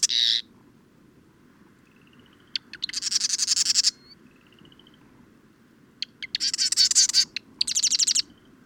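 Bird singing high, buzzy trilled phrases. A short burst comes first, then longer trills a few seconds apart, with soft thin whistled notes in the gaps.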